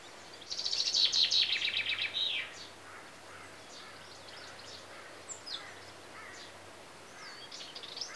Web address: BBC Sound Effects Library Greece Birds (Chaffinches) And Insects